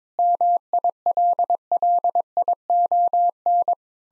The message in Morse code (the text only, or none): MILLION